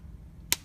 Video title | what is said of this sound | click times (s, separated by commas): Drawing Robot | up put your marker top on make sure you hear the snap | 0.5 s